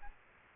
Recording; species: mosquito wingbeat signal from an infrared sensor; Aedes albopictus